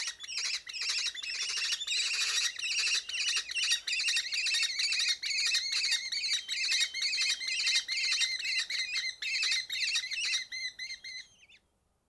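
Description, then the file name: Common kestrel giving a long, harsh, rapid chatter of sharp kee notes, dense and continuous for about eleven seconds before stopping abruptly. "faucon crecerelle"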